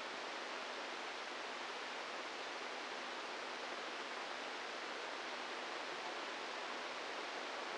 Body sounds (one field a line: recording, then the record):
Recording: brain microelectrode recording played as sound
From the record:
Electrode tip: inside the subthalamic nucleus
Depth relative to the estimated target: -1 mm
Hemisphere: right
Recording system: NeuroSet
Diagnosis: Parkinson's disease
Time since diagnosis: 8 years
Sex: male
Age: 46 years